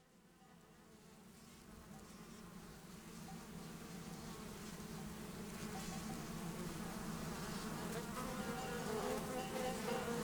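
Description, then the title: Bumblebee wing buzz, a low droning hum that swells steadily louder throughout. Bumblebees among other pollinators feeding on nectar, warm morning after overnight cloud, 6500 ft meadow, south end of Taylor Lake, Russian Wilderness, Klamath National Forest, Siskiyou County, California. "Russian Wilderness- Buzzing Meadow Morning"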